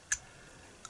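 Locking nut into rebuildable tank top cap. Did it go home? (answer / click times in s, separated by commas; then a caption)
yes / 0.1 s, 0.8 s. A small metal locking nut is pressed into the top cap of an Intake RTA rebuildable tank by Augvape & Mike Vapes until it locks into place. A sharp tick at 0.1 s is followed by a softer tick at 0.8 s, and the nut is seated.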